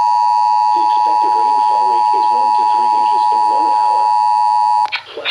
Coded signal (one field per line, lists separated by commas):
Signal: Emergency Alert System (SAME) tones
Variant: 853 and 960 Hz attention tone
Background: speech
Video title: Flash Flood Warning (EAS #155)